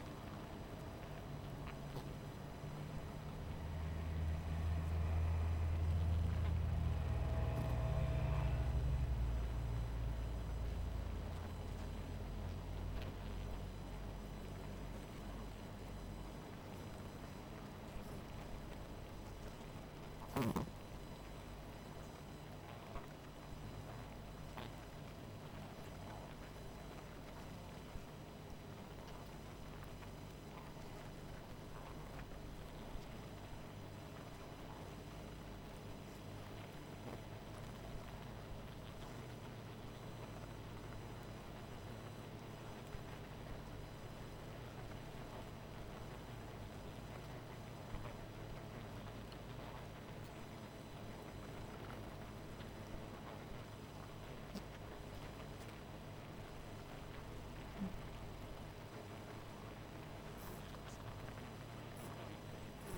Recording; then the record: honeybee colony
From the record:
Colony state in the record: missing queen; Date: 14 July 2017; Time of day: 19:20